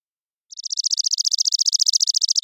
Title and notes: Chipping Sparrow, Spizella passerina, trilling song, single species parabolic recording, single bird performance, natural pace, rhythm, & dynamics maintained, common voice of intermixed tree-grass open spaces Recorded in the beautiful Pacific Northwest, Washington, United States